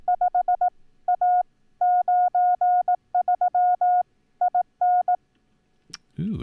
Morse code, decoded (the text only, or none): 5 A 93 IN